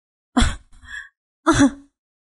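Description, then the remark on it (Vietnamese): A voice imitates a woman coughing and wheezing while being strangled by a gloved hand gripping her throat: two short, harsh rasping bursts with a faint strained wheeze between them, fairly loud, with no words spoken. “Madame Pang khò khè vừa ho vừa nói trong tình trạng bị bóp cổ”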